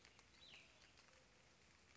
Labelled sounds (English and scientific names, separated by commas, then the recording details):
Cassin's Vireo (Vireo cassinii)
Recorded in Sonoma County, California